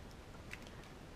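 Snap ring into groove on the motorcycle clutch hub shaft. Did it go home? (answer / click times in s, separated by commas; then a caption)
yes / 0.5 s. A steel snap ring, spread with snap ring pliers, is fitted over the end of the clutch hub shaft on a Honda CB350 motorcycle engine. It gives a sharp click into its groove behind the gear at 0.5 s, followed by a fainter tick just after. The ring is seated and does not move when checked.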